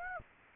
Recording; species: mosquito wingbeat signal from an infrared sensor; Aedes aegypti